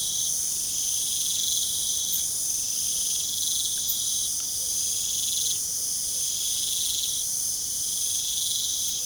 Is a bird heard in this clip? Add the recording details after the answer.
no. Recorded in pastures near Puerto Asís, Putumayo, Colombia, on 25 June 2025 at 22:00. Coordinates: 0.497, -76.327. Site G040